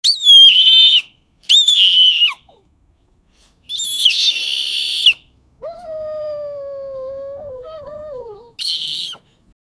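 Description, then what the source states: Wild boar squeals, shrill and high-pitched, in several separate bursts with short silences between them; a steadier, lower drawn-out tone falls off at its end, just before a final squeal. Young wild boar piglet.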